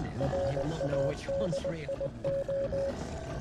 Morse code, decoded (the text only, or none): RADIO